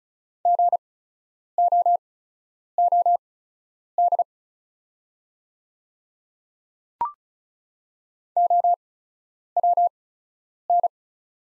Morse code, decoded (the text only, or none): GOOD OWN